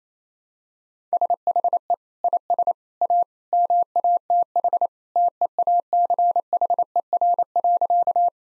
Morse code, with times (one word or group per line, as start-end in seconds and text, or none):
1.1-1.9 SHE
2.2-2.7 IS
3.0-3.2 A
3.5-4.9 MATH
5.2-8.3 TEACHER.